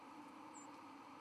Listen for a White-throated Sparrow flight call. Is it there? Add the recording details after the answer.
yes. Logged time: 00:40 on 1 November 2014